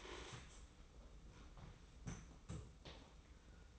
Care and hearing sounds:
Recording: daily activity, microphone in the room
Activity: stand up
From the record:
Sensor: 1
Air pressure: 990.6 hPa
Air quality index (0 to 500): 155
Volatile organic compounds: 1000 ppm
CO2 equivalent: 5648 ppm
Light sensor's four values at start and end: 26/62/26/29 and 26/61/26/29

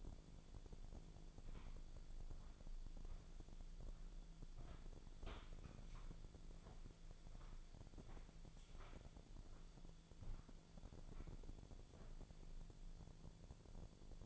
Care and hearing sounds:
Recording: daily activity, microphone in the room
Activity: walk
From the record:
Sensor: 5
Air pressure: 1008.4 hPa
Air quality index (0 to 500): 152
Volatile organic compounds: 3 ppm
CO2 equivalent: 1462 ppm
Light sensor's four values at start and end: 64/177/70/70 and 64/177/69/70

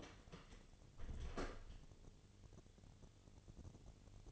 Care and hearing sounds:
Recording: daily activity, microphone in the room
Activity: close door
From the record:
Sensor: 4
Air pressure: 1016.0 hPa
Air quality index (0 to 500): 197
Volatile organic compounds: 10 ppm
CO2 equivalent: 2249 ppm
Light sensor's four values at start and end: 9/20/8/7 and 9/20/8/7

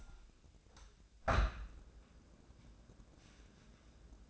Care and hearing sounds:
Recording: daily activity, microphone in the room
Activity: open window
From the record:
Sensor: 2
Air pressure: 1012.2 hPa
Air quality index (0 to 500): 124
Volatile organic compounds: 1 ppm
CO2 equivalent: 920 ppm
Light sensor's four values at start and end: 110/264/109/107 and 109/260/107/106

